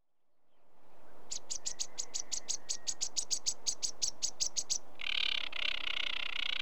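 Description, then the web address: Sedge warbler song opening with a rapid run of evenly spaced dry clicks, then breaking into a harsh, buzzy churring phrase. "BBC Sound Effects Library. Sedge Warbler"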